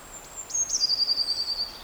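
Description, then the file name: Eurasian blue tit giving a few thin, very high seeping notes followed by a quick, slightly lower rippling trill, against a soft hiss. "Cyanistes caeruleus"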